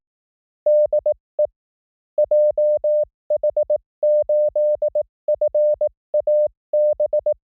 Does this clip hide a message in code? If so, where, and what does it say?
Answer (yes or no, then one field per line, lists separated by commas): yes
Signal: Morse code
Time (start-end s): 0.7-7.3 s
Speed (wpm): 18 wpm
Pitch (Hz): 600 Hz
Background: none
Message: DE JH8FAB